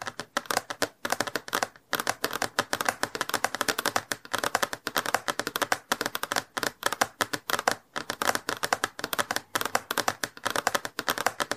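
Fast, steady typing on a mechanical keyboard, dense bright clacks in quick bursts with brief pauses.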